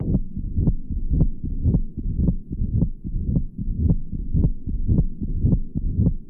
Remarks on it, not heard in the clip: Has mitral stenosis. The recording is taken in the mitral area. The murmur that you can hear is a mitral diastolic murmur. Present an atrial systolic accentuation of this murmur with loud first sound, and opening snap is also present.